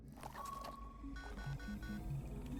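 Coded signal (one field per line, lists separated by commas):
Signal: none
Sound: game interface beeps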